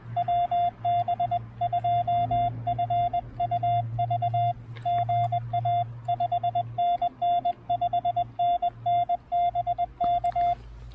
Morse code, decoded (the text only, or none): WB2FUV GA 5NN 5NN BK